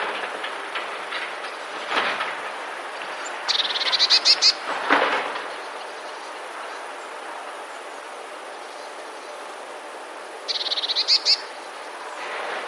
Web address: modraszkoteka